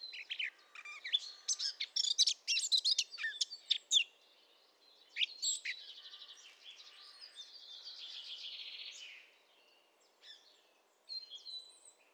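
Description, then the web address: Blackcap song of rapid, sharp chattering notes, then a long softer rasping trill, with a few faint notes after a lull. "SETE data Sylvia atricapilla"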